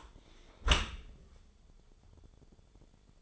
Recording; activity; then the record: daily activity, microphone in the room; close dishwasher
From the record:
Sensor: 5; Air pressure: 1015.0 hPa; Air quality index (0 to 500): 114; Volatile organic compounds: 2 ppm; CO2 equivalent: 1231 ppm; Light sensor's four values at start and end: 34/79/32/32 and 35/80/32/32